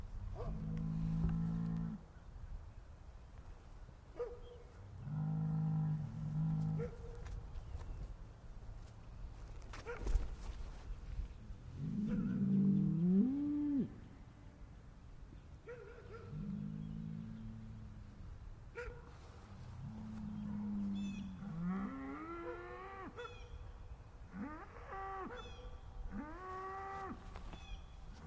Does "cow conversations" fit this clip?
yes